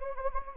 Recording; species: mosquito wingbeat signal from an infrared sensor; Anopheles gambiae